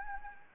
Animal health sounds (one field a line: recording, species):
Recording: mosquito wingbeat signal from an infrared sensor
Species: Anopheles gambiae